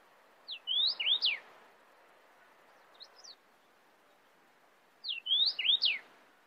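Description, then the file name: Cardinal whistles two full phrases of sweeping slurred notes, with a soft short fragment in the pause between them. "tieng chim hong y giao chu don sac"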